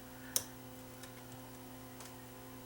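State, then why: Seated. A small mechanism part inside a Bose car CD changer is turned and locks in place with one sharp click at 0.4 s. Fainter ticks follow around 1.0 s and 2.0 s over a steady low hum, and the part ends up seated.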